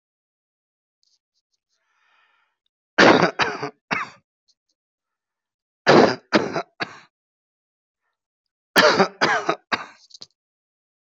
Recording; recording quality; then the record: shallow voluntary cough; excellent, no background noise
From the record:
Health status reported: healthy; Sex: male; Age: 56 years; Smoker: yes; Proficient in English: yes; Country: India